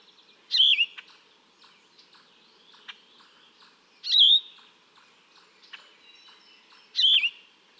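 Yellow-throated vireo giving three husky, burry song phrases spaced about three seconds apart, light ticking and chirping in the background.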